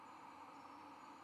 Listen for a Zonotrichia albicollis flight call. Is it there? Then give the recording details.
no. No flight call is heard. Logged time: 00:04 on 24 November 2014